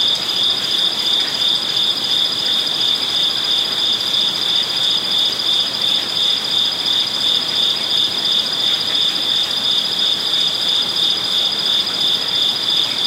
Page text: Zen Garden Night Crickets Japan. amb crickets koipond Kyoto zen garden night Japan: Zen garden, Kyoto, Japan. Koi pond, crickets ambience, night time, Japanese. Oriental outdoor ambience